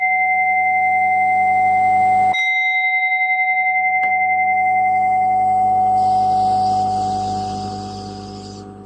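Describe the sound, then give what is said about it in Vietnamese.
A Buddhist meditation bell rings out loudly before the dedication of merit, with a sustained, shimmering tone and bright overtones, struck again twice so the resonance swells, then slowly fades toward the end. “Dạ, vậy con xin chúng ta mình nghe tiếng chuông rồi mình hồi hướng ha.”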